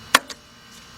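With the throttle opened on a 1996 Dodge Intrepid, the gas pedal (accelerator) cable end is slid all the way over into the throttle body lever slot. It locks into place with a sharp click at 0.2 s, followed by a fainter tick at 0.3 s. The cable end is seated.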